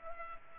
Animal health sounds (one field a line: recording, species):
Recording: mosquito wingbeat signal from an infrared sensor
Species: Culex pipiens